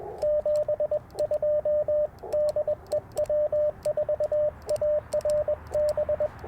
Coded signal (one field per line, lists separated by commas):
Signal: Morse code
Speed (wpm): 20 wpm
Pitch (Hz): 590 Hz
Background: radio noise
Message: 72 DEW4ARB